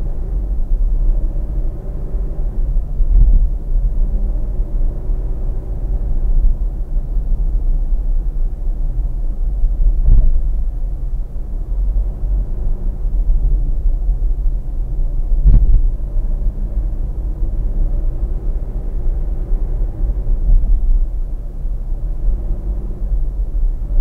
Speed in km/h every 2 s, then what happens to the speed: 67, 67, 68, 67, 66, 65, 64, 63, 63, 65, 65, 65.
0-24 steady at about 65.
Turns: none.